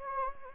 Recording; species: mosquito wingbeat signal from an infrared sensor; Anopheles gambiae